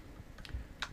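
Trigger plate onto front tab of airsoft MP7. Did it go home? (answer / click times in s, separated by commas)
no / none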